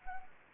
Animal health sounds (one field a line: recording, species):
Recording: mosquito wingbeat signal from an infrared sensor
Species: Anopheles gambiae